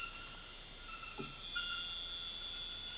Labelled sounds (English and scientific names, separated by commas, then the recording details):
none
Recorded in dense forest near Puerto Asís, Putumayo, Colombia, on 13 March 2025 at 01:30
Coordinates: 0.481, -76.323
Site G088